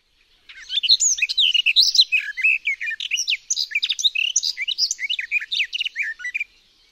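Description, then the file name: Garden warbler song, a sustained, fast run of mellow, gurgling warbled notes lasting about six seconds without a break. "GAJÓWKA"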